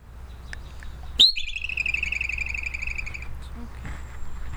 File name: groundhog